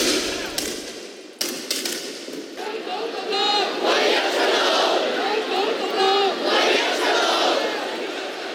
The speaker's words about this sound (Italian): Cambiamo adesso argomento e andiamo a Hong Kong, dove i manifestanti sono tornati in piazza e al loro fianco anche Taiwan.